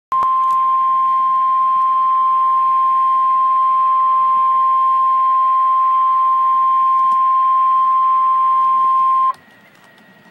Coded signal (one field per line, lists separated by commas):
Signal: Emergency Alert System (SAME) tones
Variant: 1050 Hz attention tone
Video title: REAL EAS 1222-Severe Thunderstorm Warning